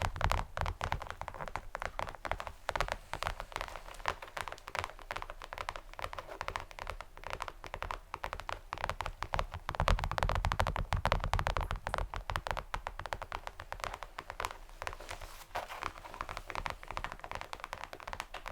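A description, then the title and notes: ASMR tapping: dense, rapid, irregular taps run continuously for the whole stretch over a low steady hum, with a slightly busier burst around ten seconds. ASMR Tapping (No Talking).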